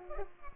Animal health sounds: mosquito wingbeat signal from an infrared sensor; Culex pipiens

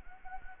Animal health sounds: mosquito wingbeat signal from an infrared sensor; Anopheles gambiae

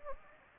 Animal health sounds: mosquito wingbeat signal from an infrared sensor; Anopheles gambiae

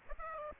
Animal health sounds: mosquito wingbeat signal from an infrared sensor; Aedes aegypti

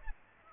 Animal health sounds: mosquito wingbeat signal from an infrared sensor; Aedes aegypti

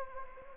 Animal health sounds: mosquito wingbeat signal from an infrared sensor; Anopheles gambiae

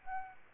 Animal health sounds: mosquito wingbeat signal from an infrared sensor; Aedes albopictus

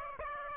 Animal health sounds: mosquito wingbeat signal from an infrared sensor; Aedes aegypti

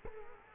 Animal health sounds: mosquito wingbeat signal from an infrared sensor; Culex quinquefasciatus

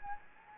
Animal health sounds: mosquito wingbeat signal from an infrared sensor; Anopheles gambiae

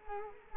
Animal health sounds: mosquito wingbeat signal from an infrared sensor; Culex quinquefasciatus

